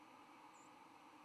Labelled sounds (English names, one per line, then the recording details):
White-throated Sparrow flight call
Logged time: 07:29 on 10 November 2014